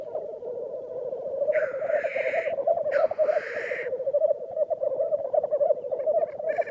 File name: Digiffects Sound Effects Library - Black Grouse Bird Version 1